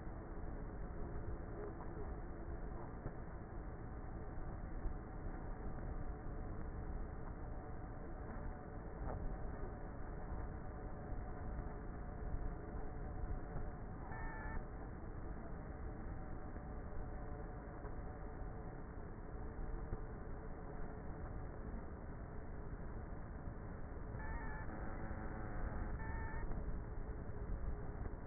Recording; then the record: honeybee colony, microphone inside the hive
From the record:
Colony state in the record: queenless with a low population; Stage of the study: before two queens were removed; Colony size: about 30,000 bees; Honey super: no